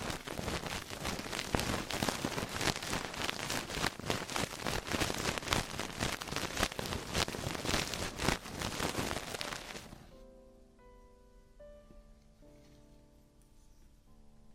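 Dense, crackly scraping and rustling from ear cleaning fills the first ten seconds, then drops away to soft, sustained melodic tones.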